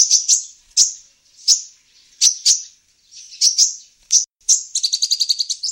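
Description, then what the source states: Van Hasselt's sunbird singing: piercing high chips in ones and twos with ringing tails, then a quick run of evenly spaced tinkling notes at the end. Female singing actively (gacor).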